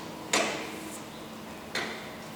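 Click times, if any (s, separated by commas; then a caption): 0.3 s, 1.7 s. The directional steering lock in a hospital bed castor engages automatically as the bed starts moving. Two sharp, broadband clicks ring out at 0.3 s and 1.8 s, each decaying briefly over a quiet background. Both clicks show the steering lock clicking into engagement.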